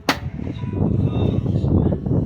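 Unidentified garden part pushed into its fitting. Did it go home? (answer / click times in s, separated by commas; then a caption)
yes / 0.1 s. An unidentified garden part is pushed firmly into its fitting and clicks in at 0.1 s with a strong, sharp snap, and the part is seated. Music plays in the background, with a fainter tap at 1.9 s.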